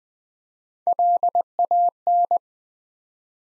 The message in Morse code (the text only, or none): LAN